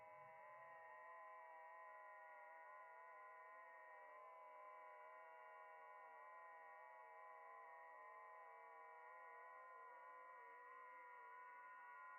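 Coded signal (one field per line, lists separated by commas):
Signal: FT8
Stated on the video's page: Live FT8 and FT4 amateur radio contacts.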